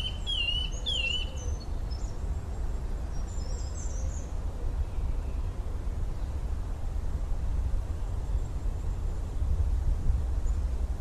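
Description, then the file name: Eurasian nuthatch calls: two or three downslurred whistled notes at the very start, then only faint high chirps and a continuous low rumble. "Sitta europaea"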